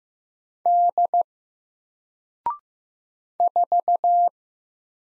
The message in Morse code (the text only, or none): D 4